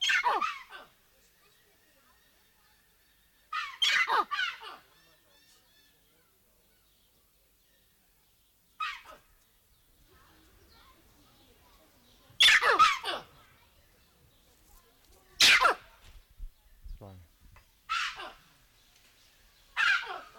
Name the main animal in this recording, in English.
Collared Mangabey